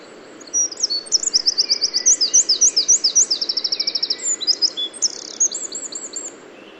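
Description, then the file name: Eurasian wren song: a loud, high, fast run of sharp trills and rattling notes lasting about six seconds, over a steady low background hiss. "Troglodytes troglodytes"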